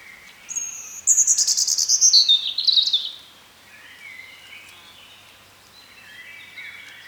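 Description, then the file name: European robin song: a bright, high trilled phrase sweeping downward, then softer, thin twittering warbles that fade into quiet background. "Erithacus rubecula"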